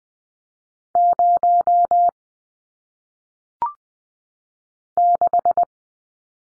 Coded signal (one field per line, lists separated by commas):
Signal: Morse code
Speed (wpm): 20 wpm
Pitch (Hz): 700 Hz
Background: none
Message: 0 6